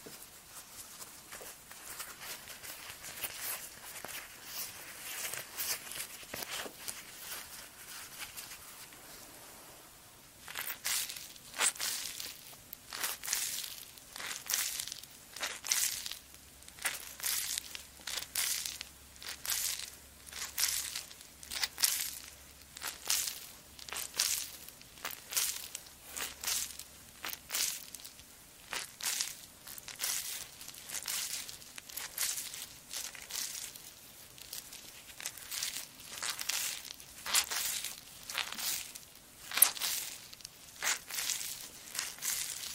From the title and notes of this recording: ASMR Relaxing Massage (Cleansing, Face Touching, Body Mousse, Personal Attention, No Talking).